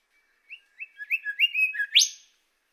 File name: golden whistler